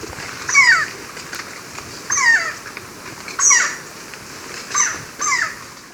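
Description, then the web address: Powerful Woodpecker giving five harsh, downslurred squealing calls, mostly spaced about one and a half seconds apart with the last two close together, over background noise. Ecuador. "S America Birds of Ecuador. Powerful Woodpecker"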